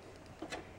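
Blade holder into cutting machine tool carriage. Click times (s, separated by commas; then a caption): 0.4 s, 0.5 s. The locking part on a Silhouette Cameo or Portrait cutting machine's tool carriage is twisted back up so the blade holder sits in its notch. Two quick small clicks are heard at 0.4 s and 0.5 s, and the blade holder snaps into place.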